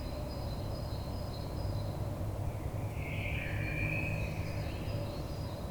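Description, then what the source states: Common blackbird song: a single mellow, gently falling warbled phrase midway, heard over constant low rumbling noise. Recorded on 22 May 2022.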